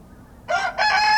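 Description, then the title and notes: Rooster crowing: after a quiet moment, a short opening syllable is followed by a powerful, steady, harmonic note. Rooster in a pen at a small farmhouse in Kawcze, gmina Śrem, Wielkopolskie, Poland; intense crowing; recorded on a Roland R-07. "28g, Kawcze, gmina Śrem, powiat śremski, województwo wielkopolskie, 63-100, Polska - rooster in the pen. The intense crowing of a rooster in a small farmhouse. (roland r-07)"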